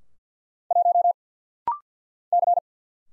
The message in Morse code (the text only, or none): 1 C